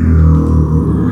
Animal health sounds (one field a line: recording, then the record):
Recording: squeal of a Yucatan mini pig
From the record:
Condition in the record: after surgery on the right vocal fold (resection and tissue-engineered implant)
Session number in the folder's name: 13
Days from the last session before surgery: 113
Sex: female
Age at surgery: 19 weeks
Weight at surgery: 25 kg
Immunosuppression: prednisolone